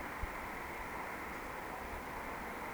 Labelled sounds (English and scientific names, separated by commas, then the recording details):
Eurasian Woodcock (Scolopax rusticola) whistle
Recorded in Baden-Württemberg, Germany, on 17 June 2020 at 20:23 UTC
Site 14569, 102 m above sea level